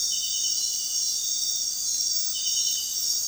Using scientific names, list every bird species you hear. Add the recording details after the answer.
none. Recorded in dense forest near Puerto Asís, Putumayo, Colombia, on 20 February 2024 at 01:00. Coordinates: 0.466, -76.327. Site G6413